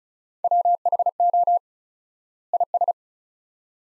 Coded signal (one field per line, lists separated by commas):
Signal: Morse code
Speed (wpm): 36 wpm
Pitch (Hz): 700 Hz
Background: none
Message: WHO IS